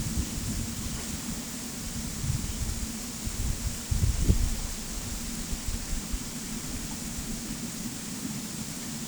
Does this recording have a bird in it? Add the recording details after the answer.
no. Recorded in secondary vegetation near Puerto Asís, Putumayo, Colombia, on 22 December 2024 at 11:30. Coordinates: 0.468, -76.324. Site G095